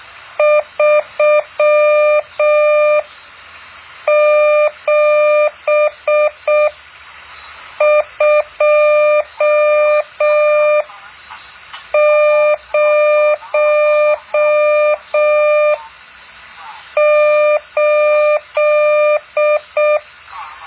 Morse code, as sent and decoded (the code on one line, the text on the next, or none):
...-- --... ..--- ----- ---..
37208